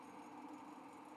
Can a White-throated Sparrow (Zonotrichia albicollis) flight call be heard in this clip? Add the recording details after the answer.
no. No flight call is heard. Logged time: 11:39 on 5 December 2014